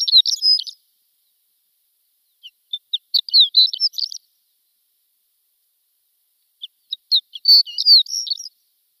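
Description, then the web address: Shore lark giving high, tinkling song phrases, the first cut short; the later two start with sparse thin notes and quicken into a jangling twitter. "Schulze Peter Shore Lark"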